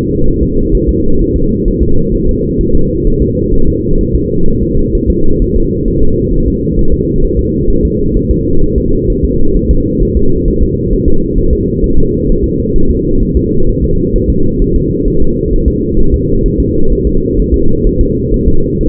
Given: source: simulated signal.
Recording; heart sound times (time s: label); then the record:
fetal heart sounds
0.28 s: S1
0.43 s: S2
0.75 s: S1
0.89 s: S2
1.21 s: S1
1.36 s: S2
1.68 s: S1
1.83 s: S2
2.14 s: S1
2.29 s: S2
2.61 s: S1
2.75 s: S2
3.07 s: S1
3.22 s: S2
3.54 s: S1
3.68 s: S2
4.01 s: S1
4.15 s: S2
4.48 s: S1
4.62 s: S2
4.95 s: S1
5.10 s: S2
5.42 s: S1
5.56 s: S2
5.88 s: S1
6.02 s: S2
6.34 s: S1
6.48 s: S2
6.79 s: S1
6.94 s: S2
7.24 s: S1
7.39 s: S2
7.70 s: S1
7.85 s: S2
8.17 s: S1
8.31 s: S2
8.63 s: S1
8.78 s: S2
9.10 s: S1
9.25 s: S2
9.56 s: S1
9.71 s: S2
10.02 s: S1
10.17 s: S2
10.48 s: S1
10.62 s: S2
10.93 s: S1
11.08 s: S2
11.38 s: S1
11.53 s: S2
11.84 s: S1
11.98 s: S2
12.30 s: S1
12.44 s: S2
12.76 s: S1
12.90 s: S2
13.23 s: S1
13.37 s: S2
13.69 s: S1
13.84 s: S2
14.16 s: S1
14.30 s: S2
14.62 s: S1
14.76 s: S2
15.08 s: S1
15.22 s: S2
15.53 s: S1
15.68 s: S2
15.99 s: S1
16.14 s: S2
16.46 s: S1
16.60 s: S2
16.92 s: S1
17.07 s: S2
17.39 s: S1
17.54 s: S2
17.87 s: S1
18.01 s: S2
18.34 s: S1
18.48 s: S2
18.81 s: S1
From the record:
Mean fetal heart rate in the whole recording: 130 bpm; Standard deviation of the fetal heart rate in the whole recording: 4 bpm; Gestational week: 38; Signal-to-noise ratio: -19.1 dB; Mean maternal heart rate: 72 bpm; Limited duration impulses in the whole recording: present